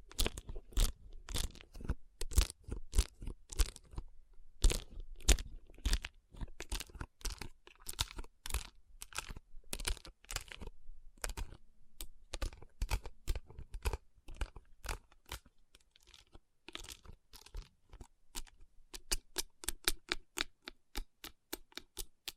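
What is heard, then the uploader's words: Tapping and rubbing on rhinestone-covered palms, with sharp, bright taps in quick, uneven bursts throughout. Brief pauses come near 5 and 12 seconds, and faint scratchy, crinkly rubbing fills the gaps. Toward the end the taps turn crisper and more evenly spaced. Tapping & Rubbing Rhinestone Covered Palms.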